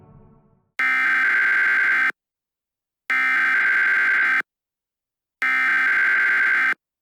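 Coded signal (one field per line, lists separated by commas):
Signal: Emergency Alert System (SAME) tones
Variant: header bursts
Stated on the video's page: Fictional EAS scenario.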